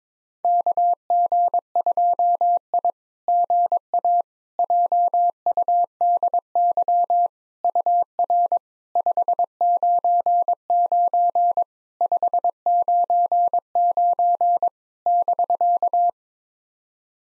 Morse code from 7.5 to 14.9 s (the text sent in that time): UR 599 599